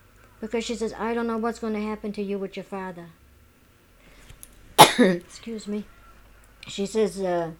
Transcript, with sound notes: Because she says, "I don't know what's going to happen to you with your father." ( she coughs ) Excuse me. She says,